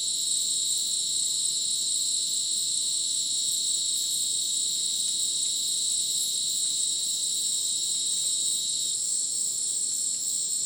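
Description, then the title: Crickets chirping in an unbroken, many-layered shrill chorus. Dense insect chorus like a polyrhythmic electronic concert, Madidi National Park, Ucumari, Bolivia; rainforest after sunset; AT BP4029 microphone, MixPre 6 recorder. "Madidi National Park, Ucumari, Bolivia - Supersonic Crickets in the rainforest"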